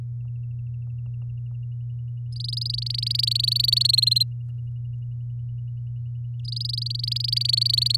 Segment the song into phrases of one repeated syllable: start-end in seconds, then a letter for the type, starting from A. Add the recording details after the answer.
2.32-3.83 A, 3.84-4.23 B, 6.45-7.96 A. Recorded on 7 May 2018 at 07:37. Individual llb16